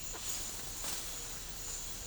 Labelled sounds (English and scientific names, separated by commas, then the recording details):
none
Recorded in pastures near Puerto Asís, Putumayo, Colombia, on 26 December 2024 at 09:30
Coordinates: 0.496, -76.326
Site G004